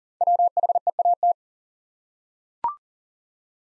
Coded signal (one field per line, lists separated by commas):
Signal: Morse code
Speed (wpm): 39 wpm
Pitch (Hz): 700 Hz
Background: none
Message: WHEAT